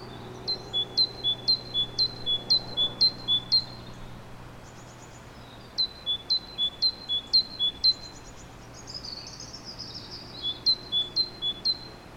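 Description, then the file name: Great tit singing a steady series of paired notes, a bright upper note then a slightly lower one, in three runs of several phrases. "Parus major"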